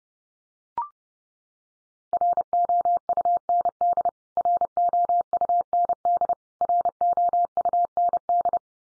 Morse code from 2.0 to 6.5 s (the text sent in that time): ROUND ROUND